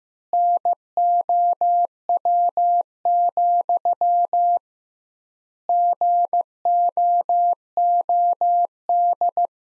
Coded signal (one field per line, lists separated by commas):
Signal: Morse code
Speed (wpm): 15 wpm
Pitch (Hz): 700 Hz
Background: none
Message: NOW, GOOD